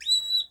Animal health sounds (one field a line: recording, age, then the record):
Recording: pig call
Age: piglet (1 to 25 days)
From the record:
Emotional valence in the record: negative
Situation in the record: restrain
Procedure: sham castration, cut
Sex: male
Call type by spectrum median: high-frequency call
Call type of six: high-frequency stable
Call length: 0.50 s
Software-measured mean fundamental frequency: 146 Hz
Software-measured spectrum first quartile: 3925 Hz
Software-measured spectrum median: 4050 Hz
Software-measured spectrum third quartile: 7592 Hz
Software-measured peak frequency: 3930 Hz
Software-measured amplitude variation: 188 dB a second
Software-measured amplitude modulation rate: 13.9 a second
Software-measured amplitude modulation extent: 13.5 dB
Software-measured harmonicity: 30.3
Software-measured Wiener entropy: -6.59